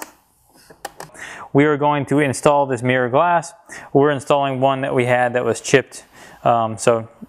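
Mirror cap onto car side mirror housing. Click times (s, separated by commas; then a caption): 0.8 s, 1.0 s. A replacement carbon fiber or brushed aluminum mirror cap for an MK7 GTI is worked over the lip of the side mirror housing and pressed until it snaps into place, with sharp short clicks at 0.8 and 1.0 seconds. Someone then talks for the rest of the clip.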